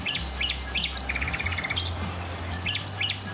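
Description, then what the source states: Common Nightingale song, varied phrases of sharp whistles and a quick rattling run of repeated notes, over a steady low hum. Male singing in a tree above a lamp in the Berlin Tiergarten, on a nightingale walk; two males apparently competing.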